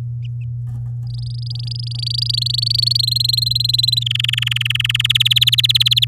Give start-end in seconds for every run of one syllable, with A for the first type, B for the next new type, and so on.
1.07-2.97 A, 2.99-4.03 B, 4.06-5.07 C, 5.09-6.05 D